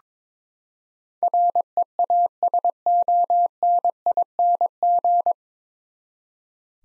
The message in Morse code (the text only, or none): REASONING